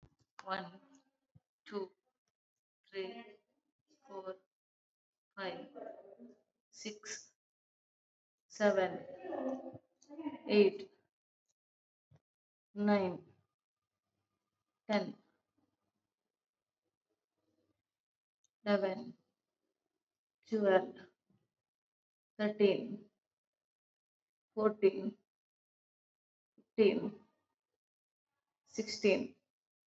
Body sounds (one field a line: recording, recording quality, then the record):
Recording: counting at a normal pace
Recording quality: excellent, no background noise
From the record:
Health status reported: COVID-19 positive, moderate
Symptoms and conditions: cough, sore throat, fatigue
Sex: female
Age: 48 years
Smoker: not ticked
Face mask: not worn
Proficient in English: no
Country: India